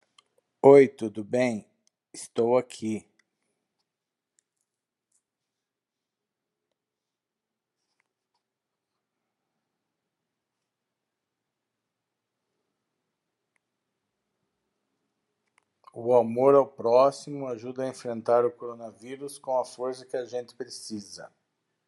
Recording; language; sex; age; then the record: spoken sentence; Brazilian Portuguese; male; 50 to 59 years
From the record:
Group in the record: control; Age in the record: 58 years